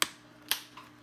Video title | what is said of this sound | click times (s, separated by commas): Installing the SC2 integrated comm system in a Schuberth C5 helmet | and it clicks right in so then you can charge it right here okay so once you have the | 0.0 s